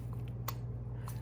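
A new spark plug in a spark plug socket is lowered into the cylinder head bore of a 2013–2018 Toyota RAV4 and turned backwards by hand. The metal threads drop into alignment with a sharp click at 0.5 s, and a softer tick follows at 1.1 s over a steady low hum. The plug is seated and ready to be threaded in forwards.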